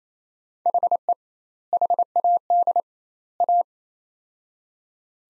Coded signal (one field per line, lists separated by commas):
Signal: Morse code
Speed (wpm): 28 wpm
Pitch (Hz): 700 Hz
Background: none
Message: HE HAD A